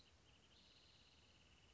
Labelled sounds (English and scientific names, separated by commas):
Wrentit (Chamaea fasciata)